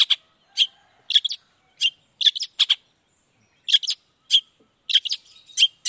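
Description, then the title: Long-tailed shrike uttering sharp, clipped notes, singly and in quick pairs, spaced by uneven pauses of about half a second to a second. Indonesian cendet heard in the morning, singing chattily ('gacor') with a 'toet toet' variation; the song is used to provoke other shrikes into responding quickly. "Langsung NYAUTTTTT ! Cendet Gacor Dor Di Kala Pagi Toet Toet Variasi Suara J. Cendet Gacor Langsung Nyaut Emosi Hanya dengan Sekali Putar Bikin Cendet Lainya Cepat Respon Bunyi"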